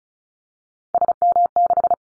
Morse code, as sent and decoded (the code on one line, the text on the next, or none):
... -- -....
SM6